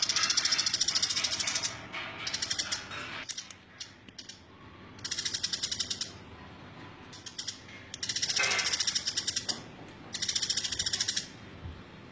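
Bird song of fast, buzzy high-pitched trills in repeated bursts, with one brief descending sweep partway through and quiet gaps between phrases.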